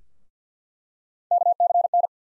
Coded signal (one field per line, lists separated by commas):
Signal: Morse code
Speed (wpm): 50 wpm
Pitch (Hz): 700 Hz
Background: none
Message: KCN